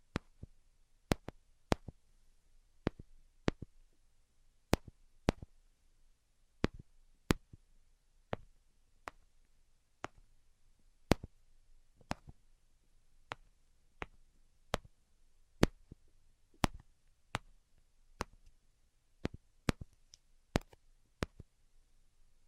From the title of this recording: ASMR 10 Levels of Tapping